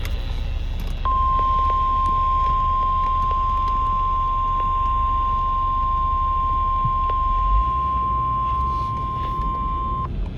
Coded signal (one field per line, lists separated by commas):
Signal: Emergency Alert System (SAME) tones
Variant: 1050 Hz attention tone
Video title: EAS #107 “Special Marine Warning.” 8/22/2026